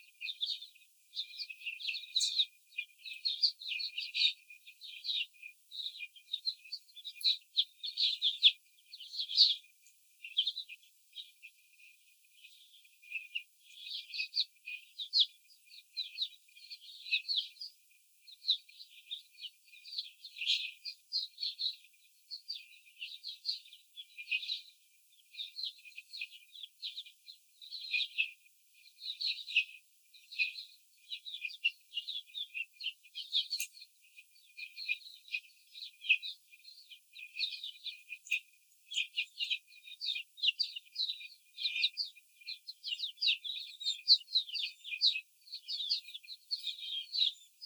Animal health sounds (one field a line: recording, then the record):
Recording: young laying hens in a cage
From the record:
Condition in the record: after the stressor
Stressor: simulated dog barking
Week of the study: 4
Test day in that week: 2